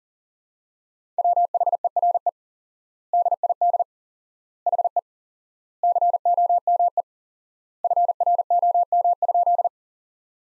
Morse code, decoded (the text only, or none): WHERE DID HE COME FROM?